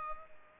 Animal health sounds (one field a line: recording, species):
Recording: mosquito wingbeat signal from an infrared sensor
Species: Culex pipiens